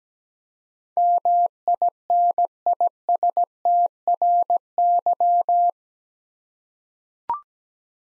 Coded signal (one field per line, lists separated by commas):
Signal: Morse code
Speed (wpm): 17 wpm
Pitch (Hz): 700 Hz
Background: none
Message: MINISTRY